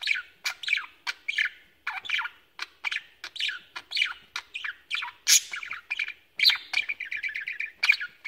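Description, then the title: Budgerigar chatter of quick scratchy chirps, ending in a fast run of short repeated twittering notes. "Budgie Sounds"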